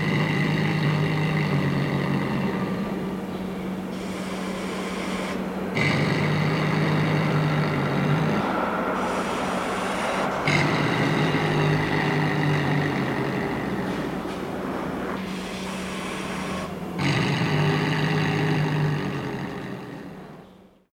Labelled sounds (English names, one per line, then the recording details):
Caracal
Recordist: Tembrock, Günter
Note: Fauchknurren